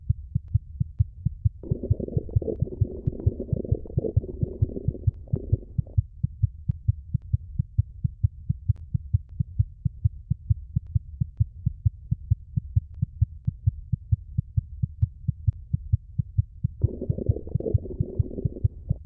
Fetal heart sounds in lower left quadrant.